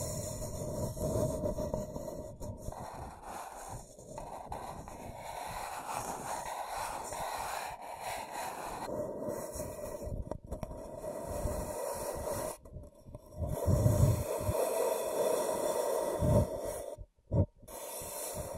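Scratching and tracing sounds, a continuous rough rubbing with a steady band of scraping tone in the middle range. Strokes vary in pressure throughout, with brief gaps around 10, 13 and 17 seconds, and a heavier, louder pass near 14 seconds.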